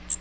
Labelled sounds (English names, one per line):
Magnolia Warbler flight call